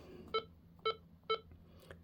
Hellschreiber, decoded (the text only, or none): none